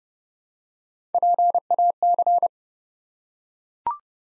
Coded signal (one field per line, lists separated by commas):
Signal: Morse code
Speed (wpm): 30 wpm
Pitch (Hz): 700 Hz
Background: none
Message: PAC